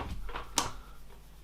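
A moulded plastic clip in a top moulding is being released. A few soft knocks come first, then a sharp click at 0.6 s as the clip unclips. A quiet tail follows.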